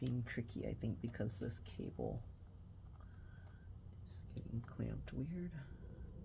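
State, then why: Not seated. A ribbon cable on an HP ENVY x360 2-in-1 laptop (13t-bf000) is being worked into its connector on the motherboard while someone talks, noting that the cable keeps getting clamped at an odd angle. Only faint handling sounds come through under the speech, and nothing has seated or clicked yet.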